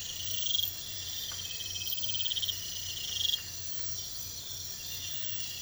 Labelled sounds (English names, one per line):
none